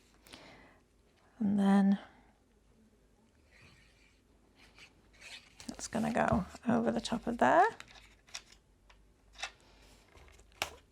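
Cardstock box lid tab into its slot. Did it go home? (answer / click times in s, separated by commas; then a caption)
yes / 10.6 s. The lid of a handmade cardstock box is folded over the top and its tab is pushed into its slot, and someone talks while paper rustles and creases. A sharp click at 10.6 s marks the tab seating shut, and it is confirmed as clicked.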